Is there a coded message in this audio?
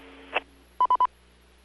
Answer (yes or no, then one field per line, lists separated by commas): no